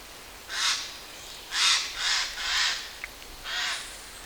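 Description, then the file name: Eurasian jay giving harsh, rasping screeches, five hoarse bursts at irregular intervals, over a quiet background. "Garrulus glandarius"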